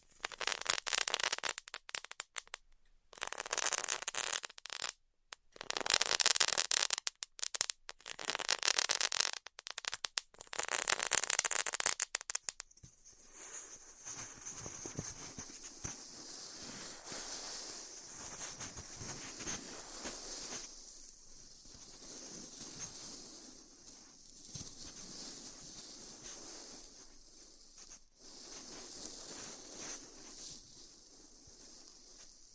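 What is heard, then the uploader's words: Styrofoam being cut with heat gives loud, bright crackling hiss in bursts, separated by brief silences, for the first twelve seconds. After that the sound drops to a quieter, steadier hiss with soft rustling and small swells until the end. ASMR Styrofoam Heat Cutting (No Talking).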